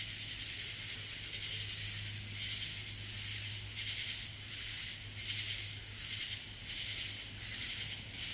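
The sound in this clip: Katydid raspy calls, broad scratchy bursts repeated somewhat unevenly, roughly every second or two, over a steady low hum.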